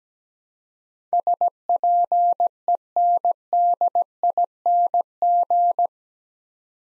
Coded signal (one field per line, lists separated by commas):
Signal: Morse code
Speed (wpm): 17 wpm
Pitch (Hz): 700 Hz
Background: none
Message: SPENDING